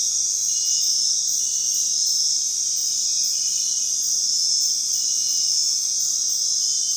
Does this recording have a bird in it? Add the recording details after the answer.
no. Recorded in dense forest near Puerto Asís, Putumayo, Colombia, on 19 February 2024 at 23:00. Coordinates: 0.499, -76.324. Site G6469